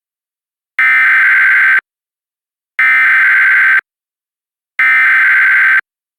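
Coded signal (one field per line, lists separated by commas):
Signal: Emergency Alert System (SAME) tones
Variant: header bursts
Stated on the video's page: A mock reenactment with valid EAS tones for a confirmed tornado warning, based on a National Weather Service tornado warning.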